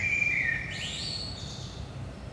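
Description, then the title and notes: Common blackbird whistles a level fluty note, then slurs upward into a thin high twitter, with a low hum in the background. Saint-Gilles, Belgium; early morning, 5 am; recorded with a DPA 4060 microphone pair in AB position into a Zoom F3. "Saint-Gilles, Belgique - 5am Blackbird. Blackbird in the morning. Merle au petit matin"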